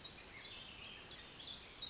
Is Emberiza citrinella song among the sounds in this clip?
no